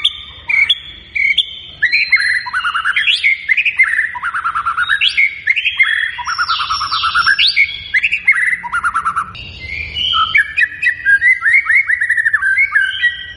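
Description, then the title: White-rumped shama song: rich, fast-changing whistled phrases, sliding and warbling notes mixed with buzzy trills, delivered continuously with barely a pause. Lure recording meant to provoke a response, featuring a shama described as singing persistently and vigorously. "PANCINGAN MEWAH MURAI BATU GACOR"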